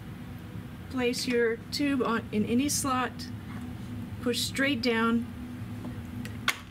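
Someone talks while a lidded plastic tissue-dissociation tube is placed into a slot of a gentleMACS Octo Dissociator benchtop instrument and pushed straight down over a steady low hum. A sharp click sounds at 6.5 s as the tube seats home in the slot.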